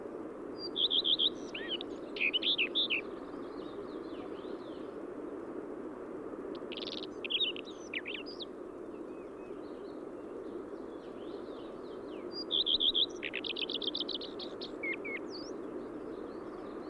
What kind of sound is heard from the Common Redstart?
song